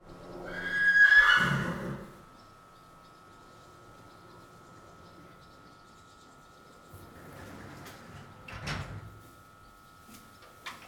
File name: chevaux